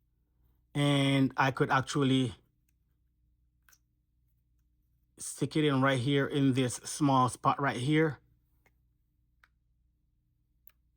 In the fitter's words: Push it in until you hear that click and it's now ready, you know, to be used.